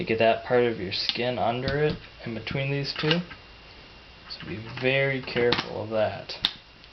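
Someone talks while handling a steel part of a K98 rifle bolt's firing-pin assembly, the bolt shroud part that snaps onto the firing pin, with faint handling ticks and a brief sharp tick near the end. Nothing has seated or snapped into place yet.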